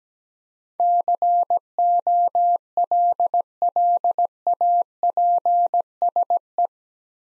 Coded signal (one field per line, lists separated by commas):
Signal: Morse code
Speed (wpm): 17 wpm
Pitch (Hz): 700 Hz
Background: none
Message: COLLAPSE